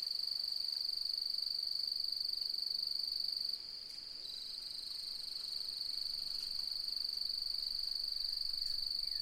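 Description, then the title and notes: Cricket song, a bright unbroken high trill that dips in loudness for a few seconds midway before steadying again. Nocturnal cricket song beginning at dusk as full moon rises, fluctuating; autumn, 4 May 2015; Mallee woodland, outback, Mungo National Park, NSW, Australia. "Autumnal Dusk At Mungo National Park, NSW, Australia. As the light fades and the full moon rises.. the nocturnal cricket song begins and fluctuates. Recorded on the 4th of May, 2015 in the outback"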